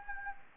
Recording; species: mosquito wingbeat signal from an infrared sensor; Anopheles gambiae